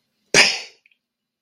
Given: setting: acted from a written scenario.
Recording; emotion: vocal sound without words; contempt